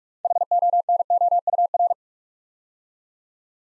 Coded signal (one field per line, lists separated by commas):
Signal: Morse code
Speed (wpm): 44 wpm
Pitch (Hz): 700 Hz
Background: none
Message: HONOUR